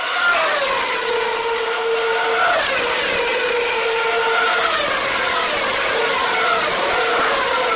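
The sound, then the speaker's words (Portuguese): Formula 1 race car engines scream at high pitch, their whining tones rising and falling in overlapping sweeps as they rev through gears, loud and continuous with no talking. “E agora, esse ano, eu vi um vídeo na internet que comparava o som dos carros, que era esse som aqui.”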